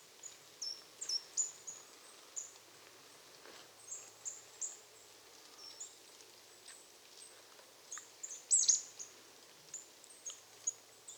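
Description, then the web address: Marsh tit giving frequent high-pitched, short chipping and slurred notes, irregularly spaced, with one louder cluster near the end, against faint steady background noise. "SETE data Poecile palustris"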